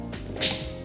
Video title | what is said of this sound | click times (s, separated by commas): BAHCO compact drill/drivers and an impact driver - brushed and brushless | until you hear this click. | 0.1 s, 0.4 s